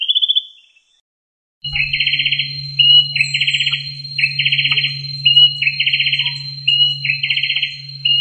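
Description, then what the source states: Greyback songbird giving rapid buzzy trills in repeated bursts, alternating with short clear notes, over a steady low electrical hum and a constant high tone. Combination of trills (kombinasi trill) song style.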